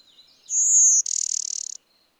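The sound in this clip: Bird song: a sustained high whistled note followed by a rapid buzzy trill lasting under a second, then silence.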